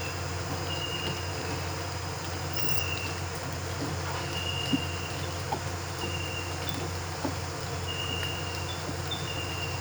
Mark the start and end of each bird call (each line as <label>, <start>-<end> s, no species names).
bird call, 2.47-3.19 s